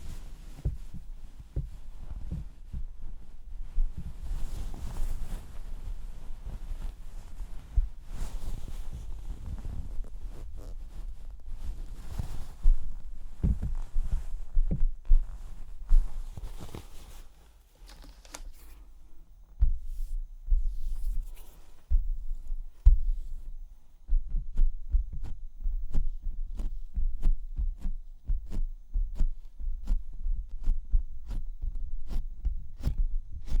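Makeup cleansing, heard as a steady run of soft, low thumps and dabs with a crackly, rubbing texture over them. Around seventeen seconds it drops to a near-quiet pause, then resumes as sparser, sharper taps and pats.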